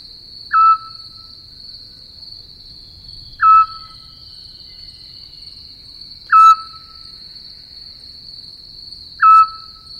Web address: sova splyushka